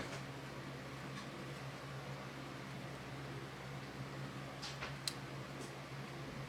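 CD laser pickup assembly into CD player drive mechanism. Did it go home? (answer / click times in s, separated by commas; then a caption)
yes / 5.1 s. A replacement laser pickup assembly is pressed into the drive mechanism of a Kodak PCD 5870 CD player, fitting onto its small locating guide ball. Over a steady low hum, faint handling rustles lead to a single sharp click at 5.1 s as the laser assembly locks into place on the ball.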